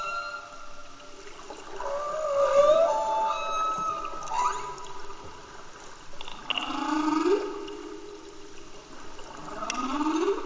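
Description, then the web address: Humpback whale song: a sequence of tonal moans and whoops, some rising sharply, others sliding down, with rich harmonics. Recorded in Antarctica. "Antarctia Bultrug Humpback Whale Song"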